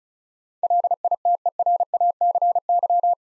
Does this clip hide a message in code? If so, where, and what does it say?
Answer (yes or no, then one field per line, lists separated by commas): yes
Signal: Morse code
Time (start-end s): 0.6-3.1 s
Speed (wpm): 36 wpm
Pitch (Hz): 700 Hz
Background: none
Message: LITERACY